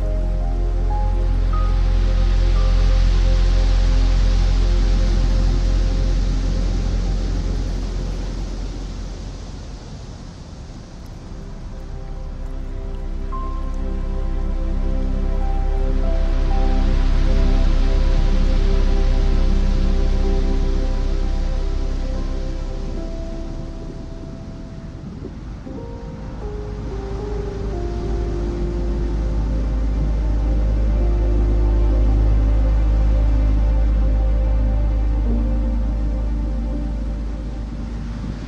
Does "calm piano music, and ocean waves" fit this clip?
yes